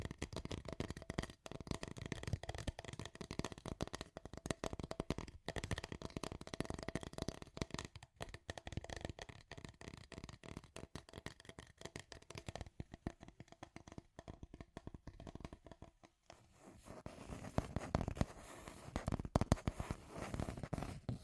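Scratchy tapping goes on without pause, a dense run of quick, uneven clicks and scrapes with a rough, papery edge, like shuffling cards. It thins and softens briefly around fifteen seconds, then returns louder and busier toward the end.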